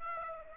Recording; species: mosquito wingbeat signal from an infrared sensor; Aedes aegypti